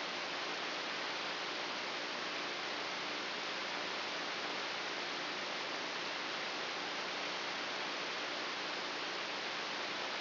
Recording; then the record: brain microelectrode recording played as sound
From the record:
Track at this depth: inside the subthalamic nucleus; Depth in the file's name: 1.98 mm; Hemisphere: left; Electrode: 2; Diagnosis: Parkinson's disease